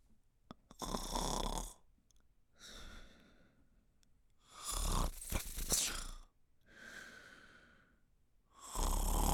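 Loud, harsh, rattling snores on the in-breath alternate with softer, buzzing out-breaths, repeating about every four seconds, roughly 15 breaths a minute, in an adult sleeper. This is typical snoring from vibration of the soft tissues of the throat during sleep.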